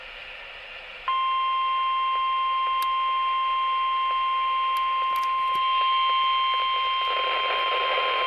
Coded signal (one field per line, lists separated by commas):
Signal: Emergency Alert System (SAME) tones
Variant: 1050 Hz attention tone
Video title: EAS Required Weekly Test NOAA Weather Radio WNG685 Central Minnesota